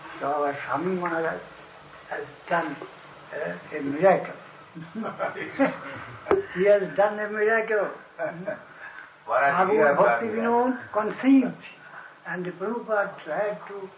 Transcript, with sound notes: So, our Swami Mahārāja has done a miracle! (laughingly) He has done a miracle! (laughter) (indistinct) What Bhaktivinoda conceived and Prabhupāda tried to,